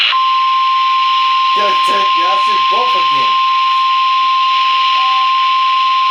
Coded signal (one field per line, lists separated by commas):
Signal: Emergency Alert System (SAME) tones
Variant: 1050 Hz attention tone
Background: speech